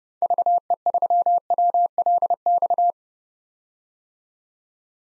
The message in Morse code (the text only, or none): VE3WLX